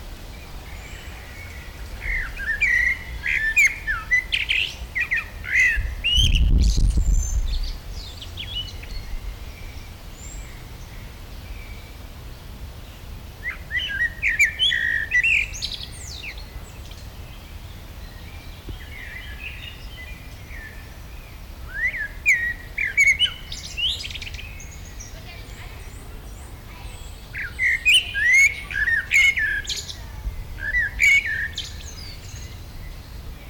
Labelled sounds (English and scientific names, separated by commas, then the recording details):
Common Blackbird (Turdus merula)
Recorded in the wild
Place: Schloßpark Niederschönhausen, Berlin, DE
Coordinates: 52.58, 13.4
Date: 1996-05-18 12:58
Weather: sonnig, 17°C
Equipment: Sony MD-WM MZ-R3, Sennheiser MKH 416 T, Kopie Uher 4000 Report Monitor
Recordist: Tembrock, Günter